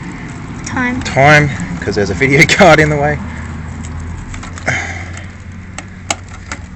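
Talking until 3.2 s, then pressing knocks; a sharp tick at 6.1 s could pass for a latch.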